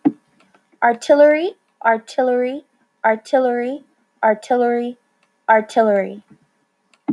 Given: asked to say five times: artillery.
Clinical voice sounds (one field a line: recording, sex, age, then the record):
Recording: repeated word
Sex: female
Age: 30 to 39 years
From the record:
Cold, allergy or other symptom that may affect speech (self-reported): no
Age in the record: 35 years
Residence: California, United States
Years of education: 14